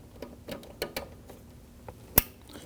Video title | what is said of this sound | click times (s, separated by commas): How to Replace Radiator 2001-2009 Volvo S60 2.5L L5 | Push it on. You're going to feel it and hear it lock into position. | 2.2 s